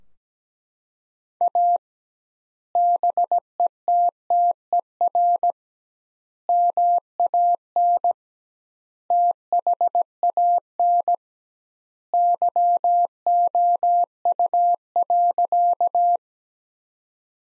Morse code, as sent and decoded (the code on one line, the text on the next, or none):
.- / -... . - - . .-. / -- .- -. / - .... .- -. / -.-- --- ..- .-.-.-
A BETTER MAN THAN YOU.